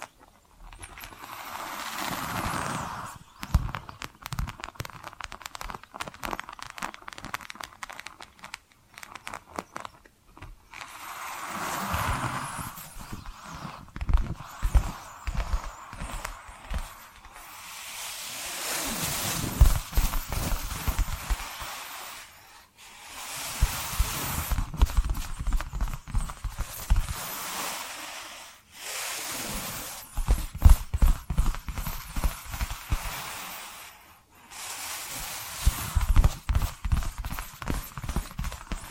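Tapping and scratching sounds come in bursts of a few seconds each, separated by short quiet gaps. Fast, uneven clicking taps mix with rough, crackly scratching that rises and falls, some passages brighter and hissier, others deeper and more knocking.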